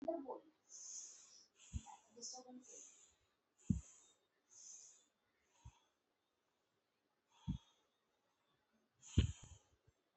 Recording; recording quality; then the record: deep breathing; excellent, no background noise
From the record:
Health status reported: healthy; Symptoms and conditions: none ticked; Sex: male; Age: 43 years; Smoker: not ticked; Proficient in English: yes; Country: India